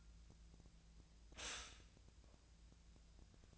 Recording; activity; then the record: daily activity, microphone in the room; stop toaster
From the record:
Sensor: 2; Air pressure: 1009.2 hPa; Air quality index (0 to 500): 186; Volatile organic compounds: 11 ppm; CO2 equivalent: 2314 ppm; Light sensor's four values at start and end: 23/57/24/26 and 23/57/24/26